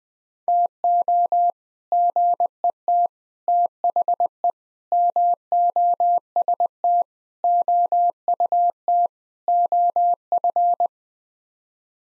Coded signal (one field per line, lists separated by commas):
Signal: Morse code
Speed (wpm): 21 wpm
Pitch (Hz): 700 Hz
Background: none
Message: TO GET THE MOST OUT OF